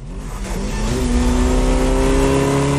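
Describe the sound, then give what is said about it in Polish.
The engine of a 1934 racing car, once driven by Belgian King Leopold III, revs up, its loud, throaty roar climbing in pitch and then holding steady at a sustained, rumbling drone with strong harmonic tones. “Bolid z lat 30. jest określony jako cud techniki i arcydzieło sztuki użytkowej.”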